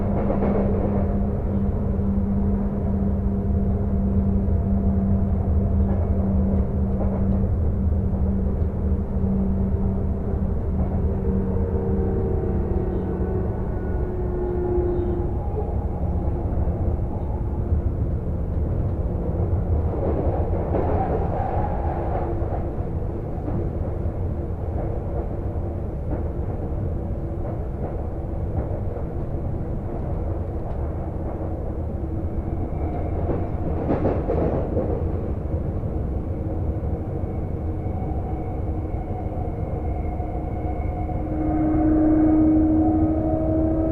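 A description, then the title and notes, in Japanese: A train ride on the Sotetsu through line toward Futamatagawa, heard from onboard as a steady, heavy low rumble that fills all 44 seconds. Faint whining tones rise and shift throughout, with brief clattering bursts around 20 and 34 seconds and a sharper squeal near the end. 耳で楽しむ鉄道旅 武蔵小杉→二俣川→大和。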